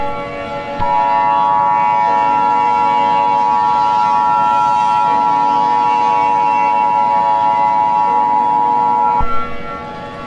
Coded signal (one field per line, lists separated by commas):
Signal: Emergency Alert System (SAME) tones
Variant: 853 and 960 Hz attention tone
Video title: EAS Scenario #20 | Train Derail